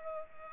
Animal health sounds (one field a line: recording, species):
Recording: mosquito wingbeat signal from an infrared sensor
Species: Culex pipiens